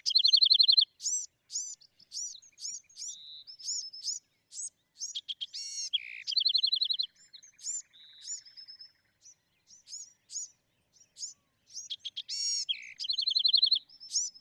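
Bewick's wren giving rapid series of high, slurred chip notes, broken by short buzzy trills and brief whistled tones, sung almost without pause.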